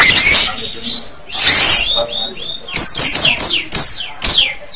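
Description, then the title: Bird song with harsh bursts followed by clear, high whistles and several quick downward-sliding notes, loud and lively. Bird sound used for training songbirds to sing (masteran). "MASTERAN BURUNG"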